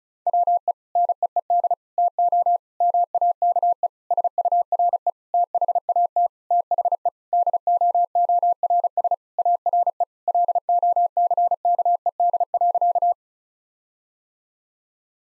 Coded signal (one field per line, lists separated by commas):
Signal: Morse code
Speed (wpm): 34 wpm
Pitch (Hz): 700 Hz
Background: none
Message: WE NEED TO MAKE SURE THAT THE DOORS ARE LOCKED.